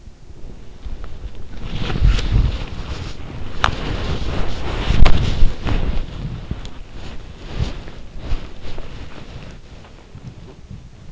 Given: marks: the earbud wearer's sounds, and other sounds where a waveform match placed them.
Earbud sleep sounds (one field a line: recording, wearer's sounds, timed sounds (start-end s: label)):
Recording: sounds in sleep by an in-ear microphone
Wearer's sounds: body movement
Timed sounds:
0.00-11.12 s: body movement